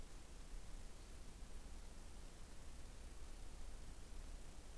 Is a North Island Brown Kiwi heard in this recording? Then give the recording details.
no. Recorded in New Zealand on 21 November 2014. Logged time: 01:28. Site CL78